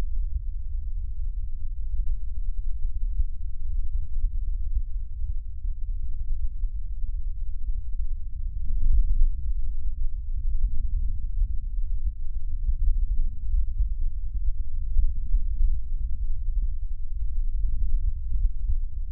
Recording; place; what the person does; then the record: lung sounds by stethoscope; right posterior basal chest; quiet breathing, then deep breathing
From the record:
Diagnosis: COPD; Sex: male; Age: 72 years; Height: 172 cm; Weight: 58.6 kg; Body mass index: 19.8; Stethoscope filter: bell mode